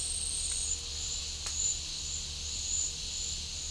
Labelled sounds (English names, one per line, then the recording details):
none
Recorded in pastures near Puerto Asís, Putumayo, Colombia, on 26 December 2024 at 11:00
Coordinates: 0.496, -76.326
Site G004